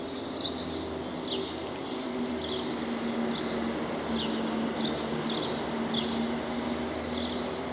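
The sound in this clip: Swift screams forming a constant shrill band, with repeated descending screech notes every second or so and a faint low hum beneath.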